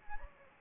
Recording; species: mosquito wingbeat signal from an infrared sensor; Anopheles gambiae